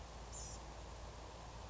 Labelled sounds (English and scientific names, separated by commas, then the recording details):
Blue-gray Gnatcatcher (Polioptila caerulea)
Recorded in Sonoma County, California